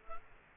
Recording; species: mosquito wingbeat signal from an infrared sensor; Culex quinquefasciatus